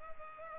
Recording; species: mosquito wingbeat signal from an infrared sensor; Culex pipiens